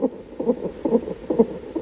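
Regular whooshing Doppler pulses, about 130 a minute, from an unborn boy's heart, recorded at a midwife clinic visit: a normal fetal heartbeat, sounding like a cross between a trampoline and an owl afraid of flying.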